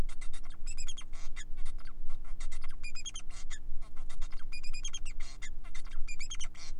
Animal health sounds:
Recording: song of a male Bengalese finch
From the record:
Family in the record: son of father 4

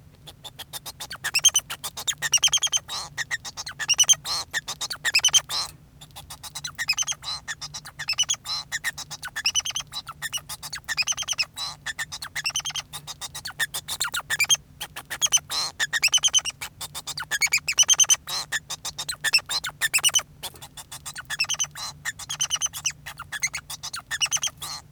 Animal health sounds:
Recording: song of a male Bengalese finch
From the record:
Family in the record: son of father 2

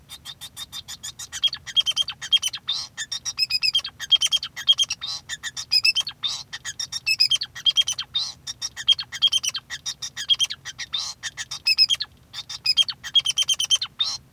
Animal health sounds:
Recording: song of a male Bengalese finch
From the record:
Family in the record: son of father 2

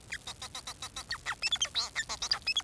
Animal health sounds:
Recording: song of a male Bengalese finch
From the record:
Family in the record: son of father 4

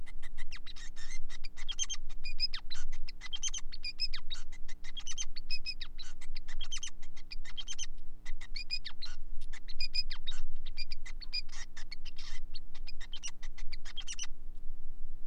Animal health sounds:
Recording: song of a male Bengalese finch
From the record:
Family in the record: son of father 5

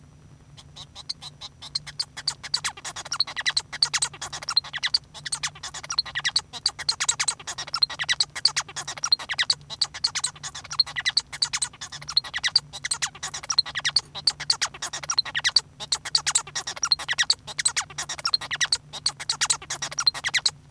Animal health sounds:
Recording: song of a male Bengalese finch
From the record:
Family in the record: son of father 1

